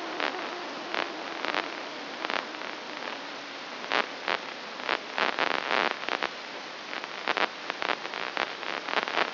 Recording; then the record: brain microelectrode recording played as sound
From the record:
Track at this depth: inside the subthalamic nucleus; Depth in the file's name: 3.602 mm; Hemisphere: right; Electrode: 2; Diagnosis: Parkinson's disease